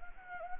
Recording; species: mosquito wingbeat signal from an infrared sensor; Anopheles gambiae